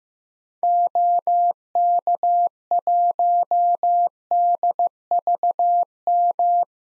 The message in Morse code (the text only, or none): OK1DVM